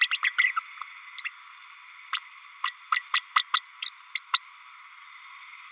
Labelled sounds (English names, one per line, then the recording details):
Green-rumped Parrotlet babbling
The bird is a female
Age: 32 days
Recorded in a nest box in Venezuela
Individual 17B32A5